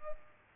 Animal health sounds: mosquito wingbeat signal from an infrared sensor; Culex pipiens

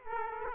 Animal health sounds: mosquito wingbeat signal from an infrared sensor; Aedes aegypti

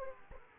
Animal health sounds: mosquito wingbeat signal from an infrared sensor; Aedes aegypti

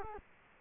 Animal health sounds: mosquito wingbeat signal from an infrared sensor; Culex quinquefasciatus

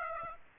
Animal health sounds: mosquito wingbeat signal from an infrared sensor; Aedes aegypti

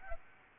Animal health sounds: mosquito wingbeat signal from an infrared sensor; Aedes albopictus

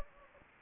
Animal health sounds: mosquito wingbeat signal from an infrared sensor; Anopheles gambiae

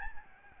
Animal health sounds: mosquito wingbeat signal from an infrared sensor; Aedes albopictus

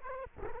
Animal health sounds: mosquito wingbeat signal from an infrared sensor; Culex quinquefasciatus

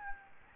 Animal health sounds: mosquito wingbeat signal from an infrared sensor; Aedes albopictus

